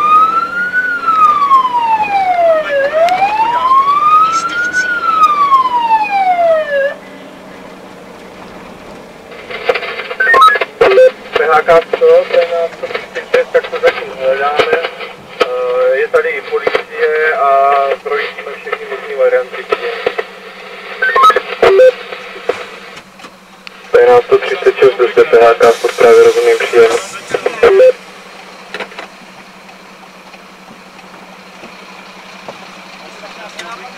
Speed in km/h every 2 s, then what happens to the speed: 48, 53, 58, 57, 56, 54, 48, 37, 27, 11, 3, 1, 0, 0, 0, 0, 0.
0-4 speeds up to 58. 4-21 slows to 1. 21-34 standing.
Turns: none.